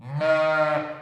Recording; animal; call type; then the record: contact call of a hoofed animal; sheep; low-frequency (closed-mouth) or high-frequency (open-mouth) call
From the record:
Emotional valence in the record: negative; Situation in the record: short social isolation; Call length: 1.03 s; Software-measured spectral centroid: 1610 Hz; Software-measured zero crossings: 1420 a second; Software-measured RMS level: -23 dBFS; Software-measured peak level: -11 dBFS